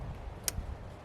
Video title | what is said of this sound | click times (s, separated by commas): 2013-2017 Subaru Crosstrek LED Upgrade Front Turn Signal Flashers | Reconnect the connector, push it until you hear it click. | 0.5 s